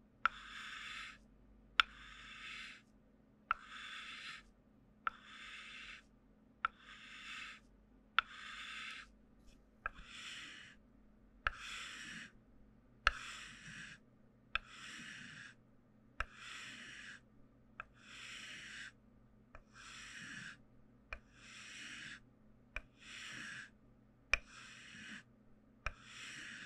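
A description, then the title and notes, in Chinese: Wooden tools rasp in a steady rhythm, a brushy scrape about every second and a half, with sharp clicks and a faint low hum. ASMR 木製器具觸發 | Wood Triggers To Help You Sleep | NO Talking。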